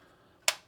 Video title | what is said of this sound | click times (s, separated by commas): Cleaning Your Magazines Don't Range Fail | and you'll hear it kind of lock into place so it should be about like that pretty flush | 0.5 s